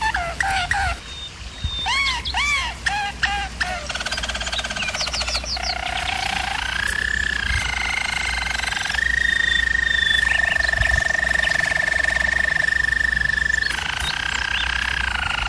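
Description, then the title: German Roller canary song starting with repeated arched chirps, then settling into rolling trills and a long, steady, flat-pitched roll, over a constant low hum. Canary singing in a training recording. "German Roller Canary Singing - Canary Training Vid"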